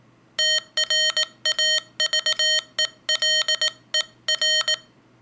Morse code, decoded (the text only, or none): TRAVELER